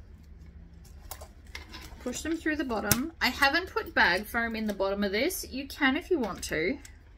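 Rivets are handled and pushed through the bottom panel of a vinyl domed handbag, which has no bag foam in its bottom, with a few faint sharp taps near 1.1 and 1.6 seconds before someone talks for the rest of the clip. Nothing has clicked or seated yet.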